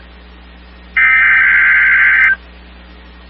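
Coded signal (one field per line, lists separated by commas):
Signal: Emergency Alert System (SAME) tones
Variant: header bursts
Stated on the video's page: Compilation of EAS alert and test captures.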